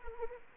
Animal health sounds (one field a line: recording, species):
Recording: mosquito wingbeat signal from an infrared sensor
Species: Anopheles arabiensis